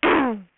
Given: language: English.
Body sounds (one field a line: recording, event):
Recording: throat vibration sensor signal played as sound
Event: throat clearing